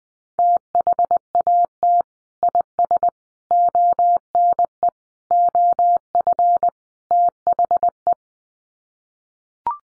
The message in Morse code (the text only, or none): THAT IS ONE OF THE